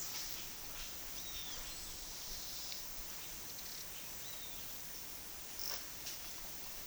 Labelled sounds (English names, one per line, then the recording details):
Great Kiskadee
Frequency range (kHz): Great Kiskadee 2.4-6.1 kHz
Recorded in pastures near Puerto Asís, Putumayo, Colombia, on 19 February 2024 at 11:00
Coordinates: 0.468, -76.328
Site G6414